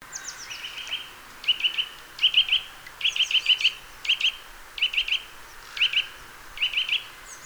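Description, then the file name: Eurasian nuthatch calls in short bursts of a few sharp, clear notes, the groups spaced irregularly. "Sitta europaea"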